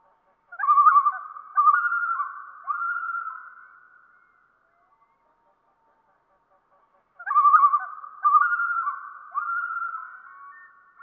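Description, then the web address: Common Loon tremolo, a rapid quavering laugh repeated in three bursts, then a pause and another tremolo series begins. "Wildlife Identification By Sound, Eastern North America Pt 1. Common Loon"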